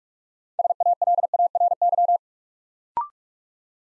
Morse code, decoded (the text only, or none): SALARY